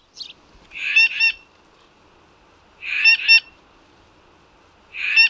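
Green Jay harsh calls: short bursts of two or three scratchy, clipped notes repeated roughly every two seconds against a quiet background.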